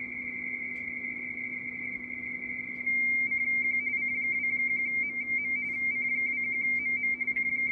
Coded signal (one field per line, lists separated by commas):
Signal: RTTY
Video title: C21MM 20m RTTY